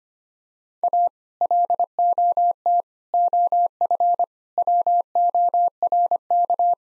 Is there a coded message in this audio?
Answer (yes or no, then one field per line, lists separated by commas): yes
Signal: Morse code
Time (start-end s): 0.8-6.7 s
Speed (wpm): 25 wpm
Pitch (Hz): 700 Hz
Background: none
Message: A LOT OF WORK